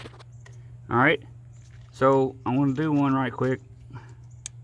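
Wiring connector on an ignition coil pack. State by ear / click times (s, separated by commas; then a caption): released / 4.5 s. Someone talks while pressing the plastic locking clip on the wiring connector of an ignition coil pack on a Toyota RAV4 2.4 L engine to unlatch it for removal. A sharp click sounds at 4.5 s as the clip releases and the connector comes free.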